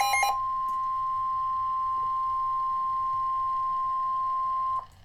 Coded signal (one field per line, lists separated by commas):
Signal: Emergency Alert System (SAME) tones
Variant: 1050 Hz attention tone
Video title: Severe Thunderstorm Warning (EAS #186)